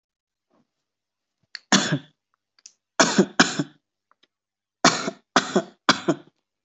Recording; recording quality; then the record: heavy voluntary cough; moderate, slight background noise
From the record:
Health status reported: healthy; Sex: male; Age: 24 years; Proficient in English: yes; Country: India